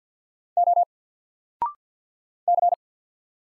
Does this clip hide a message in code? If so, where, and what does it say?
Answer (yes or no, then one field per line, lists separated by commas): yes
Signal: Morse code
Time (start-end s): 0.6-2.7 s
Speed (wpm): 50 wpm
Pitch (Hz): 700 Hz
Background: none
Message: O C